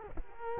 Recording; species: mosquito wingbeat signal from an infrared sensor; Culex quinquefasciatus